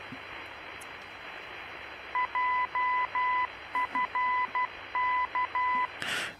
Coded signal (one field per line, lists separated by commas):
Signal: Morse code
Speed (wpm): 12 wpm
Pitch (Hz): 1000 Hz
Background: radio noise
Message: JFK